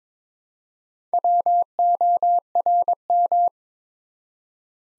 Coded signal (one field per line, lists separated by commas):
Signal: Morse code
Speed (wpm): 22 wpm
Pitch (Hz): 700 Hz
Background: none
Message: WORM